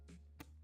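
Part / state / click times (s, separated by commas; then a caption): lid locking latch on a filament dryer box / seated / 0.4 s. The lid of a plastic filament dryer box is closed and locked with its locking mechanism, and the lid lock clicks shut with a sharp, brief click at 0.4 s. A steady low hum runs throughout, with a soft rustle just before the click.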